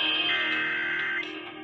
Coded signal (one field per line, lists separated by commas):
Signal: Emergency Alert System (SAME) tones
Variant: header bursts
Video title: February 2023 Texas Required Monthly Test (EAS #286-295)